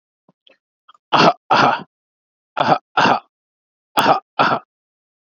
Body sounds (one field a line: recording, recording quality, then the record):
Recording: shallow voluntary cough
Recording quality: excellent, no background noise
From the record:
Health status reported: exposed to COVID-19, no respiratory illness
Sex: male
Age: 30 years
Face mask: worn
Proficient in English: yes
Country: India